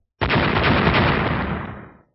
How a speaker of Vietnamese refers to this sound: Liên tiếp 10 tiếng nổ chấn động tất cả tu sĩ đạo thần tông,